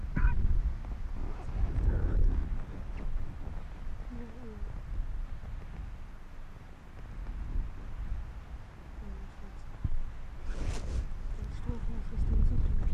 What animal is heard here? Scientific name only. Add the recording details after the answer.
Vulpes lagopus. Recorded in the wild. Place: Insel Mednyi, Kommandeur-Inseln, RU. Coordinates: 54.5167, 168.083. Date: 1999-08-12. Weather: 9°C, leicht bewölkt, starker Südwestwind. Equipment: Sony WM-D6C, Sennheiser ME 80, K 30 AV, Windkorb, Kopie Tascam DA 30. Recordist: Jakupi, Antje. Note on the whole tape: Südosten der Insel, Haupttal, weisse Stange: Bellstrophen aus Richtung Südhöhle, eher aus der Steilküste